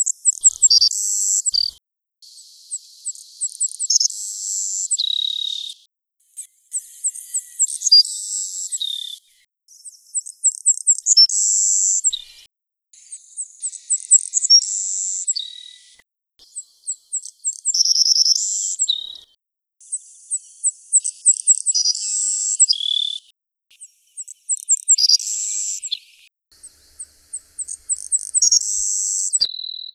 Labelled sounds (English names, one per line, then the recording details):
Savannah Sparrow song
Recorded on Kent Island, New Brunswick, in 2009